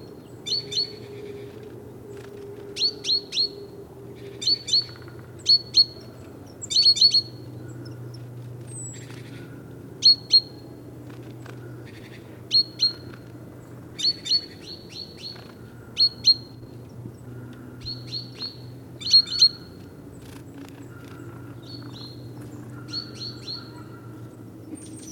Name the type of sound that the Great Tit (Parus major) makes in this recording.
call